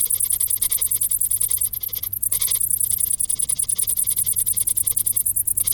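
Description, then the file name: Cricket gives high, rapidly pulsed chirping that runs on almost without a break. "Grillen"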